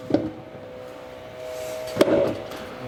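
A torque converter is spun and wobbled while being pushed into a transmission front pump, which needs three engagement clicks to fully seat. A short knock sounds at 0.1 s, then the first click of the three arrives at 2.0 s as a sharp knock followed by brief scraping. The converter is only partly engaged, with two clicks still to come.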